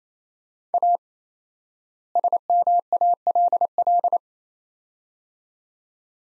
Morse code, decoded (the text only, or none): A SMALL